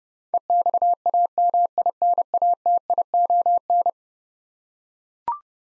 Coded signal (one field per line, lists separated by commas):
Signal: Morse code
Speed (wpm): 31 wpm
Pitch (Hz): 700 Hz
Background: none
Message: EXAMINATION